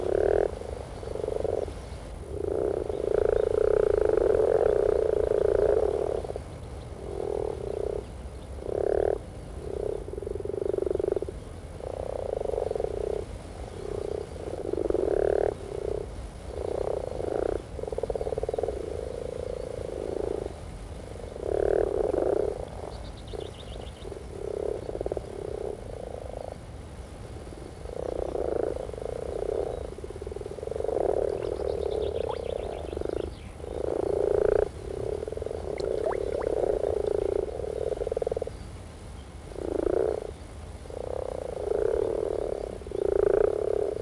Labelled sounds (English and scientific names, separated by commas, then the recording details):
Common Frog (Rana temporaria) call
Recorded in the wild
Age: adult
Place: Berlin, OT Blankenfelde, Berlin, DE
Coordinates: 52.6167, 13.3833
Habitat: pond
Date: 1963-04-14 13:00
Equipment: Minifon, Kopie Smaragd
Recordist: Tembrock, Günter